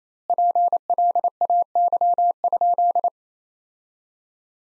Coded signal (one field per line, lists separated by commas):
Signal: Morse code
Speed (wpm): 28 wpm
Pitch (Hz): 700 Hz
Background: none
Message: PLAY?